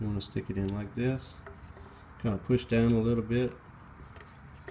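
An O-ring sealed oil fitting is being positioned and pushed down into the grooved port of the oil reservoir on a mower engine's extended-interval oil system, while someone talks. Faint handling noises follow, with small knocks near 4.2 and 4.7 seconds. The fitting has not snapped into place yet, and the O-rings are not seated.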